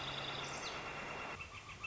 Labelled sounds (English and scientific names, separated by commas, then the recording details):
Northern Flicker (Colaptes auratus)
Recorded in Sonoma County, California